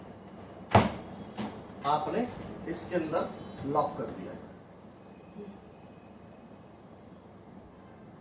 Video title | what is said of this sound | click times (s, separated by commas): GILHOTS✓ HIGH PRESSURE CAR WASHER - UNBOXING AND REVIEW - DRONE SHOTS - SHAKTI TOOL & HARDWARE STORE | see now its locked in its position | 0.8 s